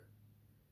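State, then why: Not seated. The foot section of the second leg on a plastic Haslab Omega Prime combining transforming figure is pushed up into its leg joint, and the expected click does not come. Only a low, steady hum is heard, with no distinct click. The joint has not clicked into place yet, possibly because a part is rotated wrong.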